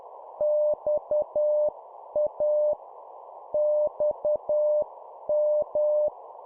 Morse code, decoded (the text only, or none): XA XM